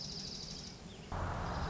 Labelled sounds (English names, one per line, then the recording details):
Dark-eyed Junco
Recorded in Sonoma County, California